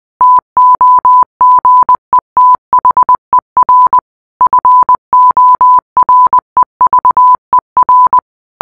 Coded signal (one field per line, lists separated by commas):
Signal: Morse code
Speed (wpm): 20 wpm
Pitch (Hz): 1000 Hz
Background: none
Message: TOGETHER FOREVER